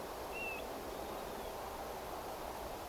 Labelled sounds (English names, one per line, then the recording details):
European Golden Plover
Northern Lapwing
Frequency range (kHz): European Golden Plover 2.3-3.7 kHz; Northern Lapwing 3.1-4.0 kHz
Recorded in France